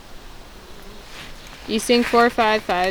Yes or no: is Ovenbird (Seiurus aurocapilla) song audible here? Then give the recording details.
no. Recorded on 1 June 2016 at 16:06. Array SBT-3-7